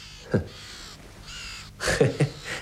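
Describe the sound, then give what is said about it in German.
Two ravens give several harsh, rasping caws: one short call, then a louder cluster of two or three near the end, with a steady hiss of background noise between them. “Sehen Sie? Die beiden Raben da.”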